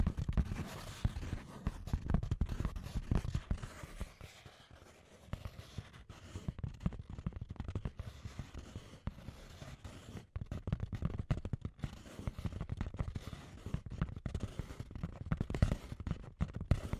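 Scratchy tapping runs through the whole stretch, a dense patter of short, dry clicks and scrapes with a low thump under many of them. The pace is uneven, with busier bursts around the start, the middle and the last few seconds, and brief thinner gaps near 4–5 and 10 seconds.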